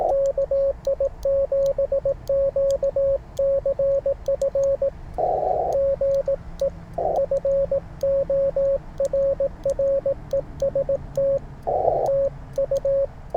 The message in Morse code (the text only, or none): KI7QCF GE FORREST TU